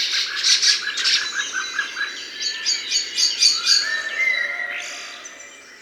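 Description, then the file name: Common blackbird giving a rapid series of sharp repeated notes mixed with high twittering, then a short whistle as the sound fades. "Turdus merula"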